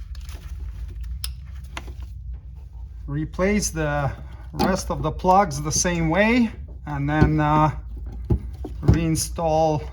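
A wiring harness connector is pushed onto the ignition coil of a 2007-2021 Toyota Tundra's 5.7L engine after the coil is bolted back in. It seats with a sharp, loud click at 1.2 s amid a few smaller taps. Someone then talks, with a few more light knocks near the end.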